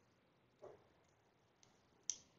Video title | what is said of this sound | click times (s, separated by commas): Take “Leave n Learn” Session 3 Part 1 | just going to go ahead and slide that in place audible click | 2.1 s